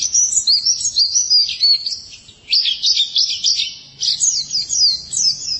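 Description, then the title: White-eye song: quick, high, jumbled twitters and trilled notes delivered in three bursts separated by short gaps. "Kicauan Burung Pleci"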